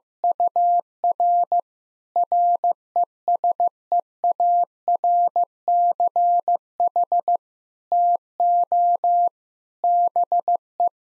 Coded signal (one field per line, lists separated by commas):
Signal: Morse code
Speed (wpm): 15 wpm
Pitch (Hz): 700 Hz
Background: none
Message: UR RESEARCH TO BE